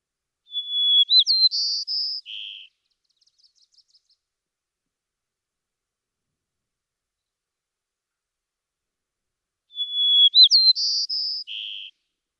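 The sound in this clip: White-crowned sparrow giving two identical songs about nine seconds apart, each a clear whistle leading into buzzy trills and a lower final buzz.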